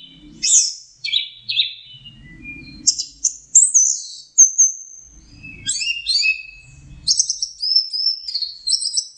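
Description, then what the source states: Orange-headed thrush song: varied high whistles and chattering notes in a rapid medley. Training recording used for teaching song to caged birds.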